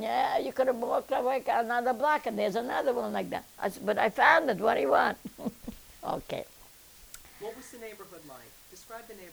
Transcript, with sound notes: You could have walked down another block and there's another one like that." I said, "But I found it, what do you want?" ( she laughs )
What was the neighborhood like? Describe the neighborhood.